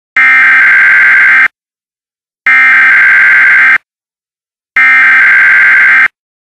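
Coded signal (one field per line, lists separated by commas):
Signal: Emergency Alert System (SAME) tones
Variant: header bursts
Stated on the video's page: Real Flash Flood Warning.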